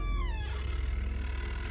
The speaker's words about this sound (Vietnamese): Có tiếng kéo kẹt mở cửa bật ra.